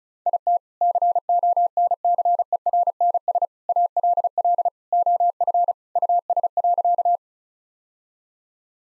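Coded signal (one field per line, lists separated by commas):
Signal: Morse code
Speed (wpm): 36 wpm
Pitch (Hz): 700 Hz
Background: none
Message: IT CONCERNS ALL OF US.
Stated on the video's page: Morse practice sentences of common three-word phrases at 35 wpm, each sent, spoken, then sent again for head-copy training.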